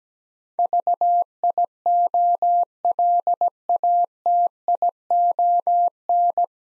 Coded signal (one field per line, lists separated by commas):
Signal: Morse code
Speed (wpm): 17 wpm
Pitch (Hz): 700 Hz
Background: none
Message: VIOLATION